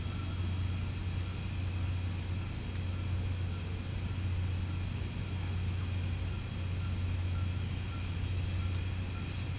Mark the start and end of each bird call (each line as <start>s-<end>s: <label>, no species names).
6.78s-9.58s: bird call